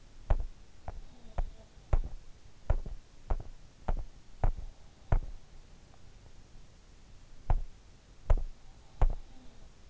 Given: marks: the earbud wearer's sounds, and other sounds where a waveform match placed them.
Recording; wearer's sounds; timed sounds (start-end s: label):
sounds in sleep by an in-ear microphone; teeth grinding
0.00-5.36 s: teeth grinding
1.00-1.88 s: sound from someone else or the room
7.46-9.43 s: teeth grinding
8.63-9.86 s: sound from someone else or the room